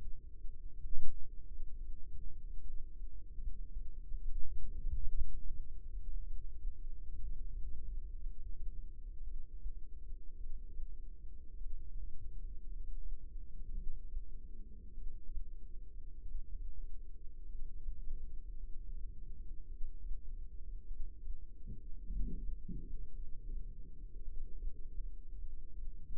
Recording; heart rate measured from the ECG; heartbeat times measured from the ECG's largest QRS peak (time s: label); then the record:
heart sounds by microphone in the left ear; 53 bpm
0.39 s: heartbeat
1.46 s: heartbeat
2.60 s: heartbeat
3.71 s: heartbeat
4.73 s: heartbeat
5.91 s: heartbeat
7.14 s: heartbeat
8.21 s: heartbeat
9.22 s: heartbeat
10.36 s: heartbeat
11.56 s: heartbeat
12.66 s: heartbeat
13.72 s: heartbeat
14.93 s: heartbeat
16.21 s: heartbeat
17.44 s: heartbeat
18.58 s: heartbeat
19.67 s: heartbeat
20.86 s: heartbeat
22.05 s: heartbeat
23.14 s: heartbeat
24.23 s: heartbeat
25.39 s: heartbeat
From the record:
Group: healthy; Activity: rest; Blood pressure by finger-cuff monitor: 88/59 mmHg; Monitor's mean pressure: 67 mmHg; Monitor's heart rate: 53 bpm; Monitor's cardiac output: 4 L/min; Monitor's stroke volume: 76 mL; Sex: female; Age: 36 years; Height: 163 cm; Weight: 88 kg